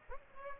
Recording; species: mosquito wingbeat signal from an infrared sensor; Aedes aegypti